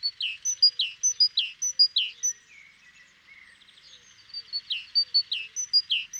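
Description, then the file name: Great tit: repeated high-then-low whistled note pairs, a pause filled with faint soft chatter, then the same phrase starts again. "Parus major"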